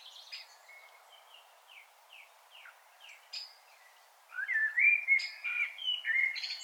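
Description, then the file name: Common blackbird song: soft, scattered chirps first, then louder mellow warbled phrases in the latter part, ending in a higher twitter. "Turdus merula"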